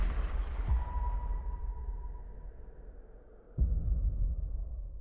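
In a film scene, a low, rumbling drone with a faint steady tone gives way to a single sudden rifle gunshot near the end, its sharp crack followed by a sustained, heavy rumble. No one speaks.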